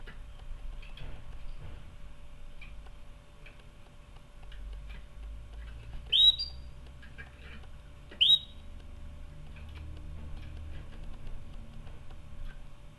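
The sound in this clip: Canary calls: two brief rising whistled chirps about two seconds apart, set against a low rumbling hum.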